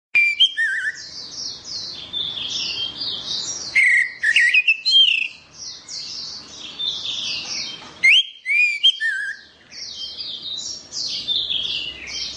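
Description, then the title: Orange-headed thrush song, continuous and varied, mixing sharp high twittering with louder rising whistled slurs in repeated bursts. "Anis Merah"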